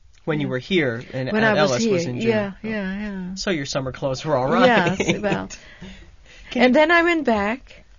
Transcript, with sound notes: When you were here at Ellis was in June.
Yeah, yeah.
So your summer clothes were all right. ( he laughs )
And then I went back.